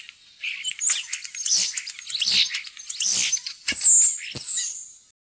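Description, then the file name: Common starling song with dense, scratchy chatter and rattles, then a loud, high whistle that slides slightly downward, followed by more chatter. "staer"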